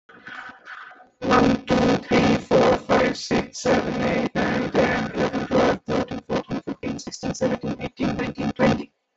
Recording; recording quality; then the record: counting at a fast pace; moderate, slight background noise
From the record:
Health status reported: healthy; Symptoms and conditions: none ticked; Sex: male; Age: 27 years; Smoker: not ticked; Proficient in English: yes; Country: India